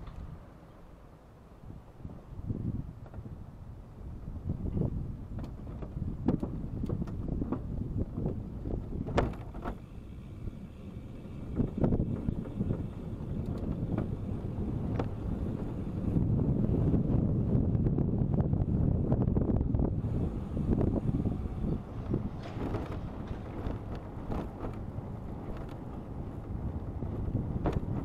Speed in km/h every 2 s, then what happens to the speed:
4, 5, 8, 8, 9, 17, 21, 22, 22, 20, 15, 13, 16, 14.
0-8 steady at about 8. 8-14 speeds up to 22. 17-21 slows to 13. 21-28 steady at about 14.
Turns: 5-8.